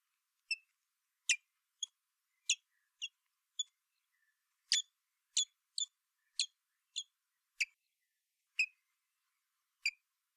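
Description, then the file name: Common blackbird sounding repeated hard, high chips, roughly every half second to one second, irregularly spaced, with short gaps. "Turdus merula"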